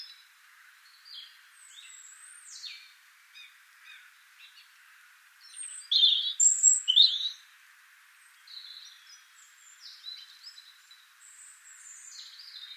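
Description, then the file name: European robin song: quiet, high, thin warbled phrases with a louder burst of sharp, tumbling notes in the middle, then soft twitters again. "Erithacus rubecula"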